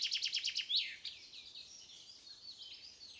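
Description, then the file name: Common chaffinch song ending: the last few trilled notes and a quick swooping flourish, followed by faint, scattered high chirps. "Fringilla coelebs"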